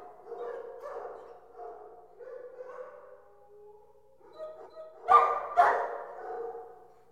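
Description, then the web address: Dogs barking in a group, a steady jumble of overlapping calls with two loud sharp barks near the end. Many dogs barking in an indoor kennel. "dog kennel kennel indoor many barking animal"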